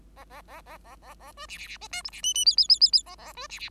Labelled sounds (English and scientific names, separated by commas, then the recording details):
Bengalese Finch (Lonchura striata domestica) song
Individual Bird5